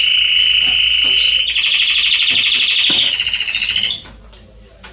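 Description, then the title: Canary song, a steady held tone that breaks into a loud, fast pulsing roll, then fades into quiet after four seconds. Male Belgian canary singing a lot, meant to warm up and train young canaries. "Canary Training Esquente Seu Filhote E Canario Belga Em 30 Minutos Macho Cantando Muito. CANTO DO CANRIO"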